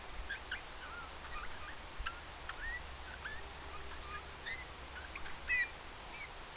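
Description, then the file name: Eurasian bullfinch calls: short, soft whistled notes, some gently rising or falling, given several times over a few seconds, mixed with sharp clicks and a low background hum. "Pyrrhula pyrrhula"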